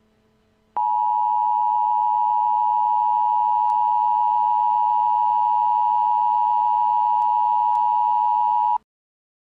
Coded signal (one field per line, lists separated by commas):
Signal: Emergency Alert System (SAME) tones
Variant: 853 and 960 Hz attention tone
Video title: Little Einsteins.exe 2: The Final exe War (an EAS Scenario)